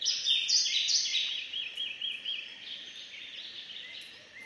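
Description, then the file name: Large-tailed Nightjar chopping calls: a quick series of hollow knocking notes, about two or three a second, fading after a loud opening. Several nightjars giving chopping calls. "Large Tailed Nightjars Chopping Calls - Birds and Wild Ducks"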